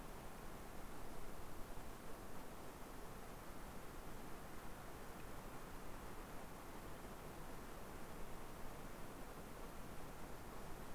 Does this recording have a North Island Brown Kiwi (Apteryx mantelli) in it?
no